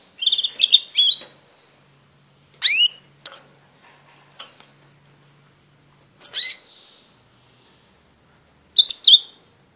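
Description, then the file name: Border canary giving short bursts of bright upslurred whistles and chirps, separated by pauses of a second or more, with a faint low hum in between. "canto do canario border"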